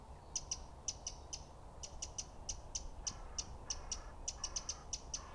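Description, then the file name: Eurasian wren giving sharp, dry ticking calls, singly and in quick runs of up to four, repeated throughout over low background noise. "Troglodytes troglodytes"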